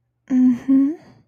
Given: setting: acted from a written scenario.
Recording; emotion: vocal sound without words; desire